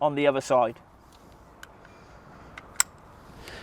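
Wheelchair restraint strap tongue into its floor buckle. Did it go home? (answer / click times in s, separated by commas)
yes / 2.8 s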